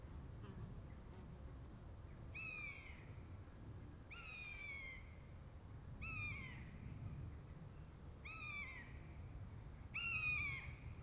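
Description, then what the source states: Buzzard calls: five loud downslurred mewing cries spaced about two seconds apart, each a harsh falling note with rich overtones, over a low background hum. A pair of buzzards.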